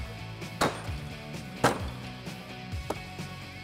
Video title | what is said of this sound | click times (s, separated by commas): 2018-2021 Mustang Honeycomb Style Lower Grille with LED DRL Stripes Review & Install | Et une fois que vous les avez tous alignés, vous pouvez simplement donner un petit coup sur la grille à l'arrière pour engager les clips. | 0.6 s, 2.9 s